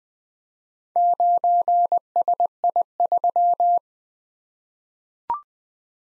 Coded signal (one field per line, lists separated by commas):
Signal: Morse code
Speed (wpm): 20 wpm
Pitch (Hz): 700 Hz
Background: none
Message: 9SI3